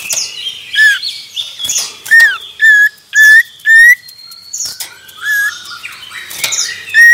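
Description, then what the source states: Common iora song: clear whistled notes near the same pitch, several slightly rising, given in a series, with busy chirping behind. Male.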